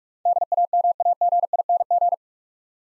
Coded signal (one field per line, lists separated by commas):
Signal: Morse code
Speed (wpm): 44 wpm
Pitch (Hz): 700 Hz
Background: none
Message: DAMAGING